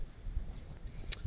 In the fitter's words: okay there you have it got it all popped in there snapped right in with the tool